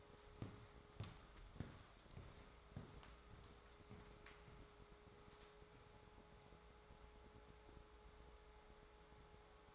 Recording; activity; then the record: daily activity, microphone in the room; walk to room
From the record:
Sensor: 3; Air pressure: 1010.4 hPa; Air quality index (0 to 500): 166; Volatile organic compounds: 9 ppm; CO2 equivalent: 2176 ppm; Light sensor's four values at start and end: 40/100/44/49 and 42/105/46/52